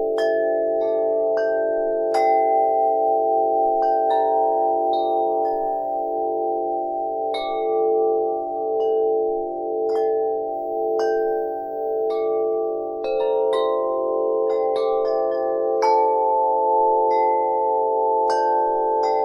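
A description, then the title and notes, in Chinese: Wind chimes ring steadily, their bright metal tones striking every second or so and overlapping into a continuous shimmering hum. The strikes are irregular but frequent throughout, with sustained mid-pitched tones lingering underneath and a low, soft rumble in the background. 风铃声。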